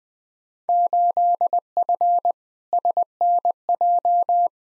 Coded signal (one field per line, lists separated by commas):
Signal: Morse code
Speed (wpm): 20 wpm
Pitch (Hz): 700 Hz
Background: none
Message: 8F SNJ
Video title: Field Day Exchange Encore v3 - 20wpm